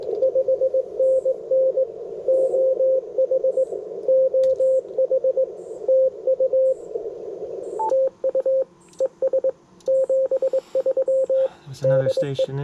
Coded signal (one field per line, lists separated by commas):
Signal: Morse code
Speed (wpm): 22 wpm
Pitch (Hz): 530 Hz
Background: speech, radio noise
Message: 5NN OH OH TU TU ES 73 DE